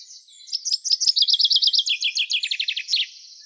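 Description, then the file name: Common chaffinch song: a series of high chirped notes, then trills dropping in steps, ending in a quick flourish. "Fringilla coelebs"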